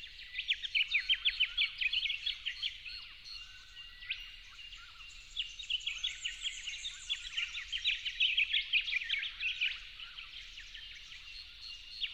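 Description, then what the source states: Yellow-faced honeyeater song: bursts of rapid, sharp chirping notes with short gaps, continuing throughout. At dawn, dated 08/01/12.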